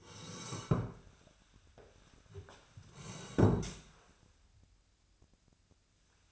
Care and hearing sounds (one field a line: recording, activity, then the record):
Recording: daily activity, microphone in the room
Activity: sit down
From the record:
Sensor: 2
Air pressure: 1015.1 hPa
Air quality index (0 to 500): 166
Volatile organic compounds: 9 ppm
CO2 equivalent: 2164 ppm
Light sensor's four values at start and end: 13/35/13/15 and 12/33/13/14